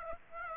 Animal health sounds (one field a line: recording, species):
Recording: mosquito wingbeat signal from an infrared sensor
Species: Aedes aegypti